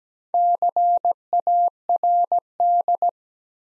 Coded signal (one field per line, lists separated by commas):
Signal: Morse code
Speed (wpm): 17 wpm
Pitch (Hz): 700 Hz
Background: none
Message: CARD